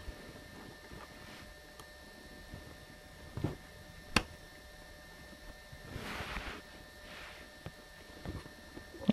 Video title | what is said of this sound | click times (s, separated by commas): Tech: iMac RAM Upgrade Gone Awry | okay so I just heard it click in | 4.2 s